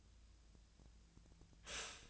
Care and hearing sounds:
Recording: daily activity, microphone in the room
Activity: stop toaster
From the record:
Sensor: 2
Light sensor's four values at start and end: 23/57/24/26 and 23/57/24/26

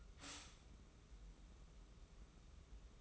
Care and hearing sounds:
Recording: daily activity, microphone in the room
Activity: stop toaster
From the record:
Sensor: 1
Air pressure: 994.5 hPa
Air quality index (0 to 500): 225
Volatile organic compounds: 1000 ppm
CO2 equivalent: 8068 ppm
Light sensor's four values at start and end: 137/316/140/154 and 124/283/126/136

